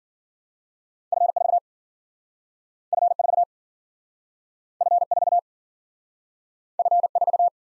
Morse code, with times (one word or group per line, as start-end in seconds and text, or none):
1.1-1.6 F4
2.9-3.4 F4
4.8-5.4 F4
6.8-7.5 F4